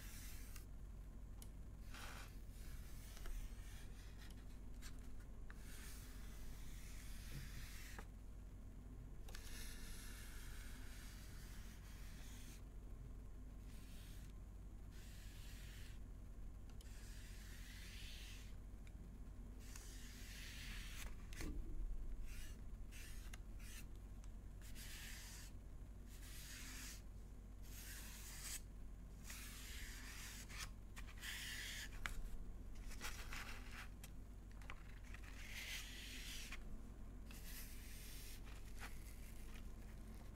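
Soft whispering and rustling folding sounds come in frequent short bursts with brief gaps, over a steady low hum and occasional faint taps.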